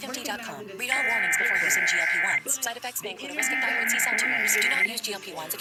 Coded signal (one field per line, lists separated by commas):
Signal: Emergency Alert System (SAME) tones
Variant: header bursts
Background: speech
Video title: EAS 5998-6054 Loads of Tests